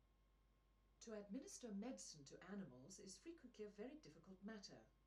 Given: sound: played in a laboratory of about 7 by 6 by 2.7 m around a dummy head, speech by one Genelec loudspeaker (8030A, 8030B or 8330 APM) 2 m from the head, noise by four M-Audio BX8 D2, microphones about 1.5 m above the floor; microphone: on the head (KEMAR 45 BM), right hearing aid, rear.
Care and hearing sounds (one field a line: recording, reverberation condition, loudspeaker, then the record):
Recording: female speech in English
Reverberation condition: low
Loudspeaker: in front (0 degrees)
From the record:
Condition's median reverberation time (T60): about 310 ms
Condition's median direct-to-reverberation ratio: about 3.5 dB